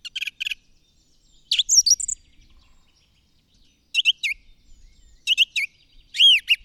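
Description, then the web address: Bird song of doubled chirps and a slurred whistle, pausing, then more chirp pairs and a ringing arched note. "madarak enek"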